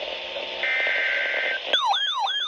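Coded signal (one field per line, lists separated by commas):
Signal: Emergency Alert System (SAME) tones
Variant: header bursts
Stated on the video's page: Real severe thunderstorm warnings received during a seabreeze thunderstorm event.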